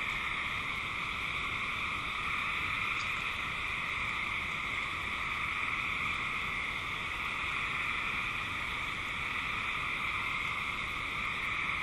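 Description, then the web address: Eastern gray treefrog chorus: many trilling frogs blend into a continuous, even drone at high and mid pitch, holding steady throughout with no pauses. "Chorus of E Gray Tree Frogs"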